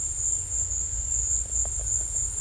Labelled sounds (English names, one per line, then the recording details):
none
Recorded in secondary vegetation near Puerto Asís, Putumayo, Colombia, on 16 December 2024 at 15:00
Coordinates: 0.481, -76.318
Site G042